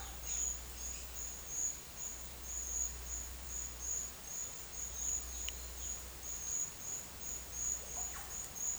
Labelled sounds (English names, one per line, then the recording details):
none
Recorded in secondary vegetation near Puerto Asís, Putumayo, Colombia, on 20 December 2024 at 12:30
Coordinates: 0.488, -76.319
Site GP04